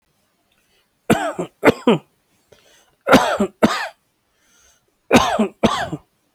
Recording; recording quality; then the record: heavy voluntary cough; excellent, no background noise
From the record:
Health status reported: healthy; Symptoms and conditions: none ticked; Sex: male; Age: 35 years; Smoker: not ticked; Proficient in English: yes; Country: India